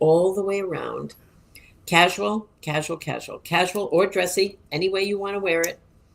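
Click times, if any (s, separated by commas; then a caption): none. A diamond bangle bracelet with 10.79 carats of tiny diamonds all the way around is handled, its clasp tongue not yet pushed into its box clasp, which has a safety catch. Someone talks throughout. Nothing has seated or clicked yet.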